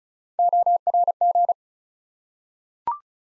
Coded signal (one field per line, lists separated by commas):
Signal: Morse code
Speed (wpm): 36 wpm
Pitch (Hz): 700 Hz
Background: none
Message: ORG